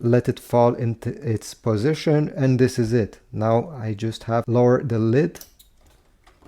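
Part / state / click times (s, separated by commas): printhead locking cover on the inkjet printer carriage / not seated / none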